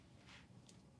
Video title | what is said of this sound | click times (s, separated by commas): Master Lock Bluetooth Lock Box Training for Administrators | then two three four hear that click and remove the shackle | 0.7 s